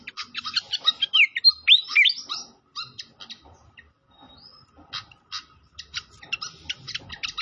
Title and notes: Masteran Sikatan Kipas Suara Jernih Dan Suara Gemericik Air. Suara Burung Sikatan Londo